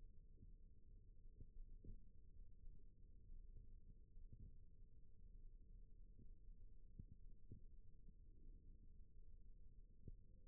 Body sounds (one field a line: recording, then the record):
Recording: forearm muscle sounds (acoustic myography)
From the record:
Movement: rest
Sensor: system 1, eight BSWA MPA416 microphones around the upper forearm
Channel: 7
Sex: male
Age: 21 years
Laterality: right